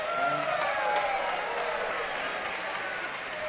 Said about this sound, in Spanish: Bueno, para que agradecer nuevamente la ovación del público que se ha dado cita esta noche y que evidentemente está muy complacido con esta interpretación de estos solistas,